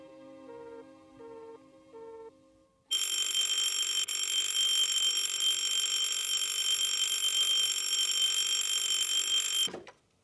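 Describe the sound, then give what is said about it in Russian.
A few soft repeated tonal beeps, then an alarm clock's loud, shrill metallic bell rings nonstop for about seven seconds before being switched off abruptly. “Оля выключает будильник, на секунду прикрывает глаза.”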